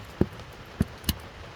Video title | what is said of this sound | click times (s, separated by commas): How to replace crank sensor P1335 infiniti maxima 3.0 | you here you hear a click | 1.1 s